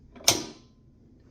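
Pulling up the bowl-lift handle on a Vollrath MIX1007 commercial stand mixer raises the bowl until it locks into place. A soft rising sound at 0.2 s leads into a loud mechanical clunk at 0.3 s that rings out and fades by about 0.6 s. The bowl lift is seated in its locked position.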